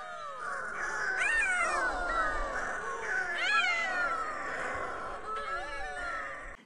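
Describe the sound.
Yelkouan Shearwater calls: several wailing cries that rise and fall.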